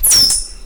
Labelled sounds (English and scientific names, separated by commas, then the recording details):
Stitchbird (Notiomystis cincta) song
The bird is a male
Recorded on Tiritiri Matangi Island, New Zealand, in 2005
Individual 3, of nest box 3